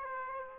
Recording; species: mosquito wingbeat signal from an infrared sensor; Aedes aegypti